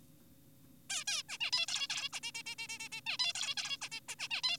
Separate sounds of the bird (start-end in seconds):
0.90-1.04, 1.08-1.22, 1.29-1.38, 1.41-1.51, 1.53-1.66, 1.68-1.88, 1.90-2.09, 2.13-2.20, 2.23-2.32, 2.35-2.42, 2.46-2.55, 2.59-2.68, 2.69-2.79, 2.80-2.89, 2.92-3.01, 3.06-3.17, 3.20-3.33, 3.35-3.55, 3.57-3.77, 3.82-3.88, 3.92-4.00, 4.09-4.15, 4.19-4.28, 4.31-4.42, 4.44-4.57